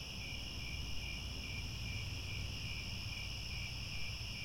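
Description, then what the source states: Crickets chirping in a dense chorus, a steady shimmering high trill in several pitch bands, with a low rumble underneath. Chorus of crickets chirping at twilight.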